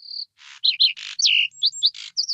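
Bird calling with a quick run of varied chirps, whistled notes and short buzzy bursts, some notes sliding downward, all high-pitched and closely spaced over two seconds.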